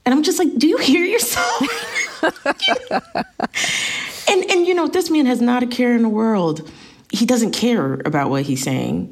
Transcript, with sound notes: and I'm just like, do you hear yourself right now?
(LAUGHTER)
And, you know, this man has not a care in the world. He doesn't care about what he's saying.